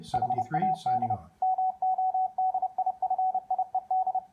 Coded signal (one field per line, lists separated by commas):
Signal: Morse code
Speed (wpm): 30 wpm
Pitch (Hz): 750 Hz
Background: speech, radio noise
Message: HAD MODIFIED